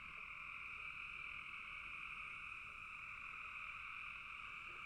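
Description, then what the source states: Frogs calling together, a constant ringing trill layered in two tones, with a few faint lower croaks scattered underneath. Several frogs calling in a bog.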